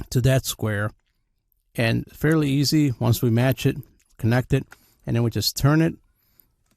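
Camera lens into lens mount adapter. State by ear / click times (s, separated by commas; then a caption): seated / 6.4 s. A camera lens is lined up square-to-square on a Photodiox Pro lens mount adapter for a Sony camera and twisted into place while someone talks. A short, sharp click at 6.4 s marks the lens locking into the adapter mount, and the locking lever moves to show it is on.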